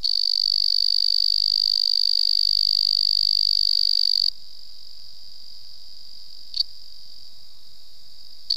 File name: Afrixalus weidholzi